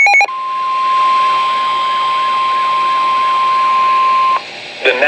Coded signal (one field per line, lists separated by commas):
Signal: Emergency Alert System (SAME) tones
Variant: 1050 Hz attention tone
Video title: Severe Thunderstorm Warning - EAS #1,606